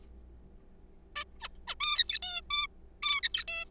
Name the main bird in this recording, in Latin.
Taeniopygia guttata